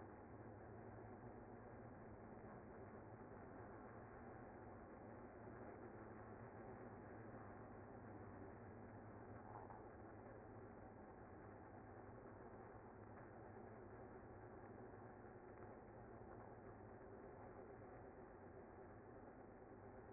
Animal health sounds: honeybee colony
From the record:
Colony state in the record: active

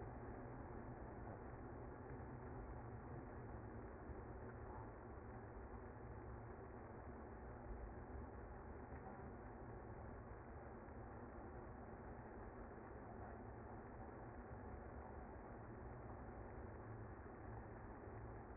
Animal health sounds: honeybee colony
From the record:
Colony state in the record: active

